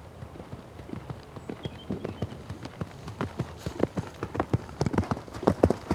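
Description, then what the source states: Horse galloping with dull thudding hoofbeats on soft ground, growing louder and quicker toward the end. Horse galloping past on grass.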